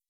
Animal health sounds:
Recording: hydrophone in a shrimp aquaculture tank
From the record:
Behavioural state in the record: weakened

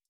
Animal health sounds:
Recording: hydrophone in a shrimp aquaculture tank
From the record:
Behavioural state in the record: stressed

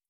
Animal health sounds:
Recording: hydrophone in a shrimp aquaculture tank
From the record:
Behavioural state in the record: feeding

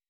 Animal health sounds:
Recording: hydrophone in a shrimp aquaculture tank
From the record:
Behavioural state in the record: weakened

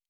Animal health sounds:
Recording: hydrophone in a shrimp aquaculture tank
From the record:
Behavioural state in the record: normal

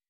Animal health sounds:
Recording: hydrophone in a shrimp aquaculture tank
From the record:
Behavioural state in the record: weakened

